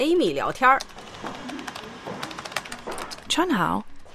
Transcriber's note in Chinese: Office ambience